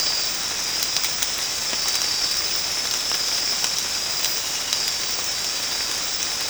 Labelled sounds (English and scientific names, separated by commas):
none